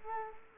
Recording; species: mosquito wingbeat signal from an infrared sensor; Culex quinquefasciatus